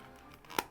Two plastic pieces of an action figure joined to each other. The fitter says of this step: so you snap these two together like that